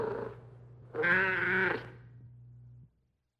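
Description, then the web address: Cat meowing: a short harmonic call, then a louder, drawn-out nasal meow around one second in, fading into a low steady hum. "Madacy Music Group Inc 292 Sound Effects. Cats Meowing"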